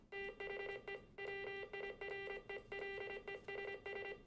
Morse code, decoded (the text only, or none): THE WIRELESS